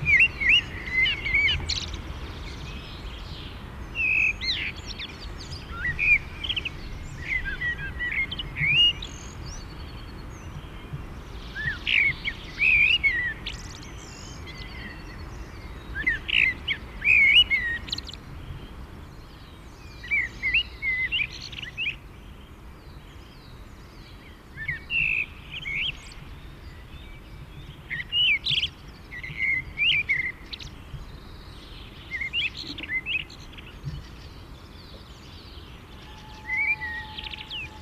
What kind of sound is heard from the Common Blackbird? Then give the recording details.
song. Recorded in the wild. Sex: male. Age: adult. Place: Garmisch-Partenkirchen, Bayern, DE. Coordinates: 47.4925, 11.0736. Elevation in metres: 708. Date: 1969-04-13. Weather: Schneefall. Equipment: Uher 4000 Report. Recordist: Tretzel, Erwin